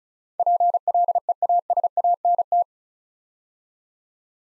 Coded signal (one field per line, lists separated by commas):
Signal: Morse code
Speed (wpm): 34 wpm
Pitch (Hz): 700 Hz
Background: none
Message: PLEASANT